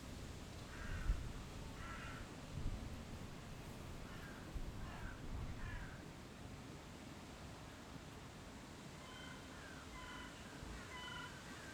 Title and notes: Rue du Craetveld 135, 1120 Bruxelles, Belgique - Les oiseaux. Sur ma terrasse